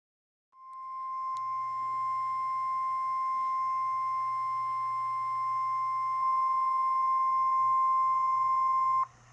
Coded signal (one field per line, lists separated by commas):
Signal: Emergency Alert System (SAME) tones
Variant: 1050 Hz attention tone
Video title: EAS Compilation: 4 T-Storm Watches/18 T-Storm Warnings | NOAA Weather Radio (4/12/2014)